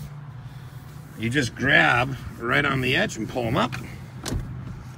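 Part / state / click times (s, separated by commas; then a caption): rear seat bottom cushion latching into its folded-up position in a pickup cab / seated / 4.3 s. In the cab of a 2020 Jeep Gladiator Rubicon pickup, someone talks while the rear seat bottom cushion is grabbed at its edge and lifted up into its folded position. A sharp click at 4.3 s marks the cushion latching into place in its raised position.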